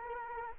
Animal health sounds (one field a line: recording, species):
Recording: mosquito wingbeat signal from an infrared sensor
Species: Aedes aegypti